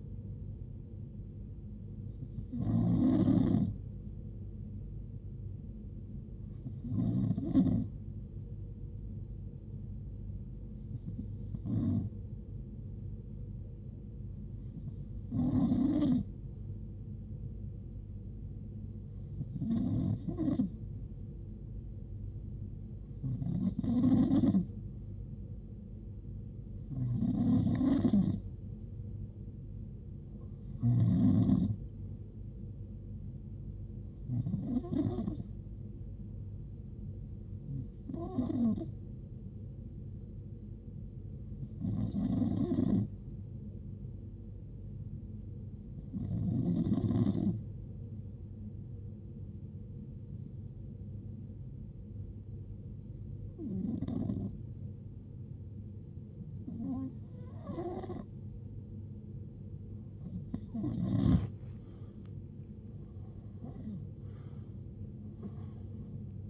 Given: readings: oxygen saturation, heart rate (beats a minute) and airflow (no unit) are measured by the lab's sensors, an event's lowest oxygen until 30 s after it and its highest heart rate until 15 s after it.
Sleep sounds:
breathing in sleep by a smartphone at the bedside; none
11.00-66.50 s: new sleep stage, N2 (light sleep)
From the record:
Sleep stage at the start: N1 (lightest sleep); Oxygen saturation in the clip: 92 to 93%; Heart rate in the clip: 61 to 75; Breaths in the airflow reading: 17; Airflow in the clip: -9.4 to 8.4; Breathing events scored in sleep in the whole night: 389 in 6.3 hours asleep

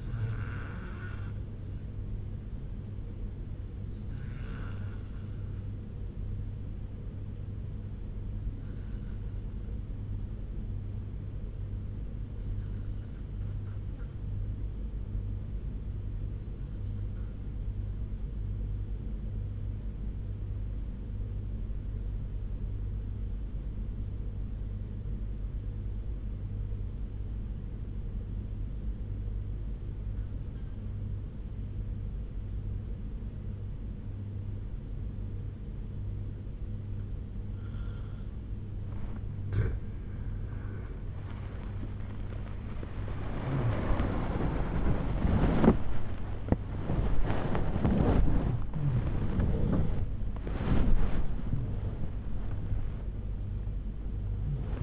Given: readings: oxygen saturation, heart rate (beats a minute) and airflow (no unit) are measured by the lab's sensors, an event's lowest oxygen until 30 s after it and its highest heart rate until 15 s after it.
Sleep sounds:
breathing in sleep by a smartphone at the bedside; 1
6.00-40.30 s: obstructive apnea (N1, oxygen 95% highest, then 87% lowest, heart rate 80 at the start, 107 highest)
42.00-54.83 s: new sleep stage, awake
50.00-54.83 s: awake
From the record:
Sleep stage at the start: N1 (lightest sleep); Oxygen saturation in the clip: 87 to 95%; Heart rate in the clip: 52 to 107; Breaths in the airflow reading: 4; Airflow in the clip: -12.5 to 16.5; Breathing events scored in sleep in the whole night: 201 in 6.5 hours asleep

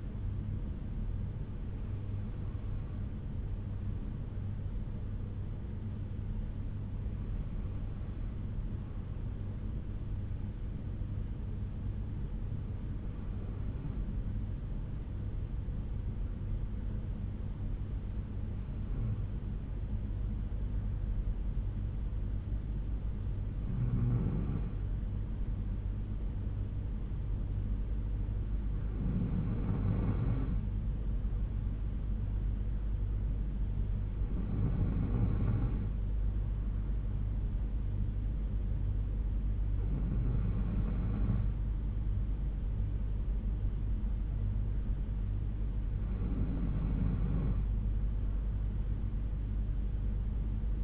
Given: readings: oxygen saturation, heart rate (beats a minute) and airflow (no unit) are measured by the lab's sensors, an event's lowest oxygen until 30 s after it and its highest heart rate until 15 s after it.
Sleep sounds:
breathing in sleep by a smartphone at the bedside; 1
9.00-36.00 s: hypopnea (N2, oxygen 95% highest, then 92% lowest, heart rate 60 at the start, 65 highest)
36.00-50.84 s: new sleep stage, N3 (deep sleep)
From the record:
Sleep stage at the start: N2 (light sleep); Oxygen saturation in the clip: 92 to 95%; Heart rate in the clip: 58 to 67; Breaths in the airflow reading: 9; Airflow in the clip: -3.9 to 3.3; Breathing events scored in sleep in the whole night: 368 in 8.0 hours asleep

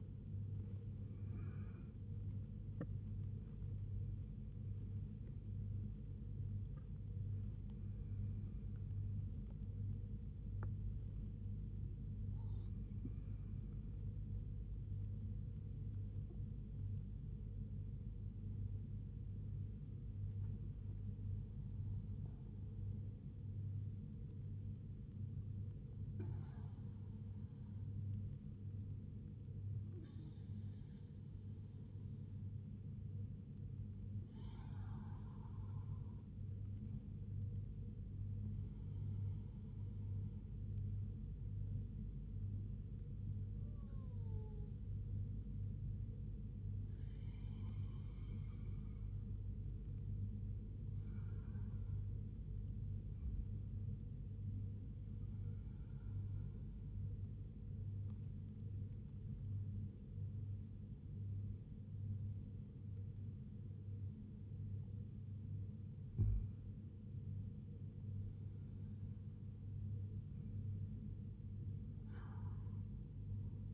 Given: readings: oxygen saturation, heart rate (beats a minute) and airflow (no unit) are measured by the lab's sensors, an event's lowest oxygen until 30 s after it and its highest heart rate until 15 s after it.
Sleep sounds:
breathing in sleep by a smartphone at the bedside; 1
21.00-67.30 s: hypopnea (scored as awake, oxygen 98% highest, then 95% lowest, heart rate 69 at the start, 73 highest)
21.00-73.74 s: awake
36.00-73.74 s: new sleep stage, N1 (lightest sleep)
From the record:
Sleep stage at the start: awake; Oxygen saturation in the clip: 92 to 98%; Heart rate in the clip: 66 to 96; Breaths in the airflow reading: 17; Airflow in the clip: -3.5 to 4.4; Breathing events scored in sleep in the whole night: 158 in 7.3 hours asleep

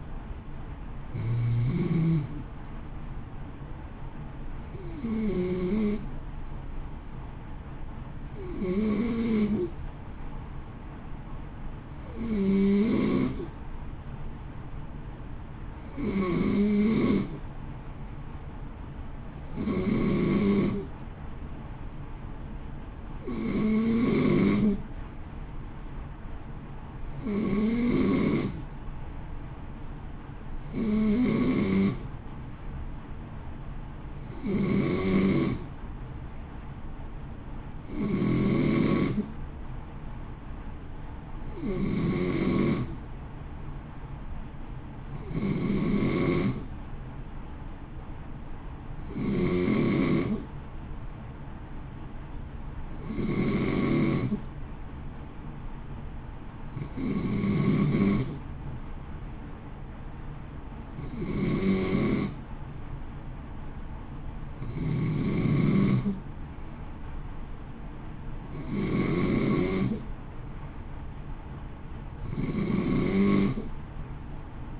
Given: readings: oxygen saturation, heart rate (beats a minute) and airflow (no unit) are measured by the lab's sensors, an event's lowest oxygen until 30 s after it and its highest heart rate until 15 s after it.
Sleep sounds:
breathing in sleep by a smartphone at the bedside; none
none scored
From the record:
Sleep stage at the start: N2 (light sleep); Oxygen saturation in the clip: 91 to 93%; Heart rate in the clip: 55 to 58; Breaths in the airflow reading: 26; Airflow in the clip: -0.7 to 0.8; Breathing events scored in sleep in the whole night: 328 in 6.3 hours asleep

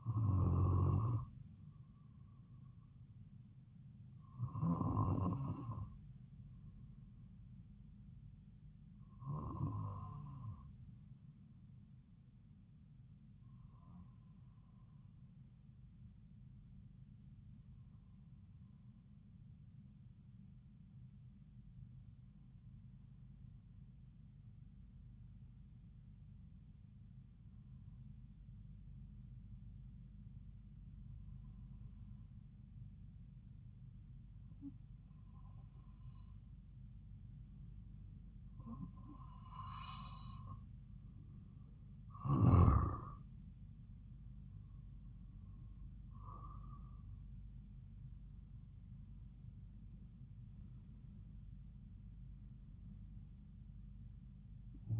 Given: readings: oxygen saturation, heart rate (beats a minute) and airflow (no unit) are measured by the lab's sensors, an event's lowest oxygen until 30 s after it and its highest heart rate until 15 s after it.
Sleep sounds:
breathing in sleep by a smartphone at the bedside; 1
11.00-41.00 s: new sleep stage, N2 (light sleep)
18.00-45.30 s: hypopnea (N2, oxygen 96% highest, then 92% lowest)
41.00-55.00 s: new sleep stage, N1 (lightest sleep)
From the record:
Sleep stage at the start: N1 (lightest sleep); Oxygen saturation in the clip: 91 to 96%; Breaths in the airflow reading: 13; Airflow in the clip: -4.9 to 8.2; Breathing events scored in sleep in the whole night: 270 in 6.1 hours asleep

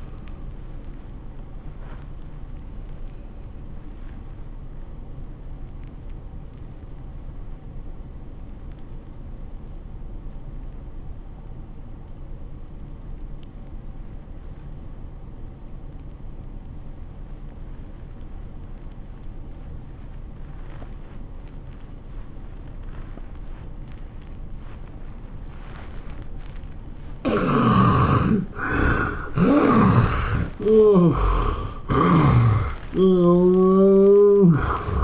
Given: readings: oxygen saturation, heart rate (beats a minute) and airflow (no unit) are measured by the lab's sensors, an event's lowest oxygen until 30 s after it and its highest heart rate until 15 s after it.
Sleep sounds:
breathing in sleep by a smartphone at the bedside; 1
7.00-30.60 s: obstructive apnea (N1, oxygen 90% highest, then 79% lowest, heart rate 77 at the start, 102 highest)
From the record:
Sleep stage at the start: N1 (lightest sleep); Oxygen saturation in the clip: 69 to 90%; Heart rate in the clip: 75 to 102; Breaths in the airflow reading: 3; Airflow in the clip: -20.5 to 13.4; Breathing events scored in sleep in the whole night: 403 in 5.5 hours asleep

